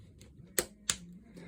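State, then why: Released. A plastic retaining clip at the top of a Samsung Chromebook 4 laptop case is popped up while the case is being opened. Two sharp, loud clicks sound at 0.6 s and 0.9 s over a quiet background, and the clip is released.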